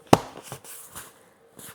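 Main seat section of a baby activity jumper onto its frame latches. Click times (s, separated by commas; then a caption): 0.1 s. The main seat section of a Baby Einstein Neighborhood Symphony Activity Jumper is pressed onto its frame, and one sharp, loud click is heard at 0.1 s, followed by quieter handling sounds. Only the first of the three latches has clicked in; the other two are still not seated.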